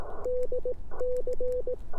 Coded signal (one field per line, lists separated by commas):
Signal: Morse code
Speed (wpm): 18 wpm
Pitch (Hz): 500 Hz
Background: none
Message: DC